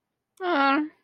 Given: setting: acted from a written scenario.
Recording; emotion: vocal sound without words; neutral